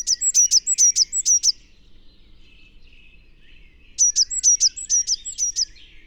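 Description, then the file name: Eurasian blue tit calling: two series of loud, sharp high notes given in quick succession, the series about two and a half seconds apart, with faint twittering between. "Cyanistes caeruleus"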